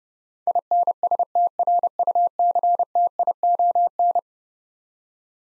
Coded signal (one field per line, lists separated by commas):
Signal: Morse code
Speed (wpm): 30 wpm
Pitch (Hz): 700 Hz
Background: none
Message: INSTRUCTION